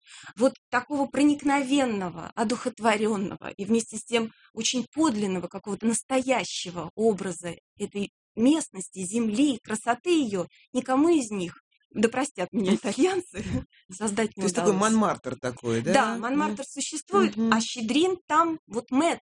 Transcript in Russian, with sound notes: Вот такого проникновенного, одухотворенного и вместе с тем очень подлинного какого-то, настоящего образа этой местности, земли, красоты ее никому из, да простят меня итальянцы, (смеется) создать не удалось.
То есть такой Монмартр?
Да, Монмартр существует, а Щедрин там мэтр.